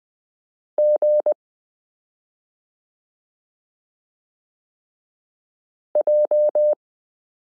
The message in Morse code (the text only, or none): G J